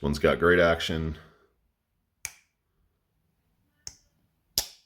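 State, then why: Seated. Someone talks, then the steel blade of a Great Eastern Cutlery/Northwoods 14-frame slipjoint pocket knife with bone or ebony covers is opened and closed. The blade snaps sharply into its open and closed stops against the backspring with crisp clicks at 2.3, 3.9 and 4.6 seconds, seating firmly each time.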